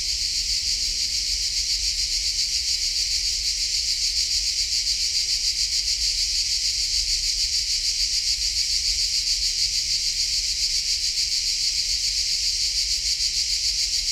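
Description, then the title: Cricket song: a loud, shrill, unbroken buzz with a rapid, regular throb. Collserola natural park during a heat wave; recordist walking toward a pine wood, passing different cricket types singing differently; recorder with hypercardioid microphone. "Grills Diferents Collserola"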